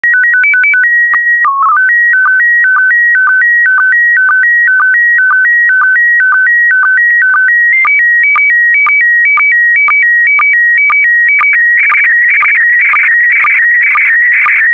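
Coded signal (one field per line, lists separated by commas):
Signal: SSTV (slow-scan television)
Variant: PD120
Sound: warbling tone alternating between two pitches with short low sync blips twice a second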